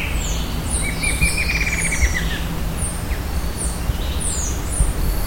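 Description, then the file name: Bird calls, several high thin downslurred notes repeated throughout with a rapid buzzy trill near the start, over steady low background rumble. "SABIOD 50 bird 2015"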